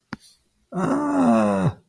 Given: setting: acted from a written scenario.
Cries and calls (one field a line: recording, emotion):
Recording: vocal sound without words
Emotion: distress